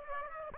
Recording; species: mosquito wingbeat signal from an infrared sensor; Aedes aegypti